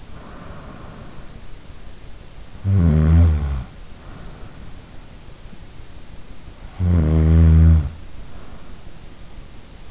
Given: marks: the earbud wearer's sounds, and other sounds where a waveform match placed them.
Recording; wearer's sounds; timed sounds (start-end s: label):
sounds in sleep by an in-ear microphone; breath, snoring breath
0.00-1.35 s: breath
2.68-4.81 s: snoring breath
6.80-7.98 s: snoring breath